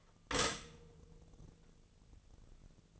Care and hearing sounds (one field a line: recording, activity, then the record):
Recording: daily activity, microphone in the room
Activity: stop toaster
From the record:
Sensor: 4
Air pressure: 1001.0 hPa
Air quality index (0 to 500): 158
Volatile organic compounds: 2 ppm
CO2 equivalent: 1153 ppm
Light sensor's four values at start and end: 18/41/17/18 and 18/41/18/19